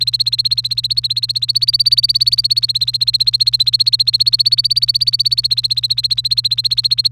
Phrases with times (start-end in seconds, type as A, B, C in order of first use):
0.00-7.08 A